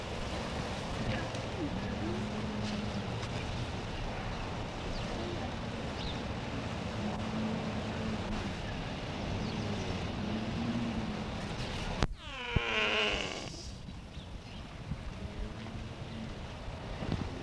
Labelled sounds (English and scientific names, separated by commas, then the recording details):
Mule Deer (Odocoileus hemionus)
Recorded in captivity
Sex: pair
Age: adult
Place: Tierpark Berlin, Berlin, DE
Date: 1965-10-16 15:00
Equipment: Telefunken Magnetophon 300, Sennheiser MD 421, Transistorverstärker 2
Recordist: Tembrock, Günter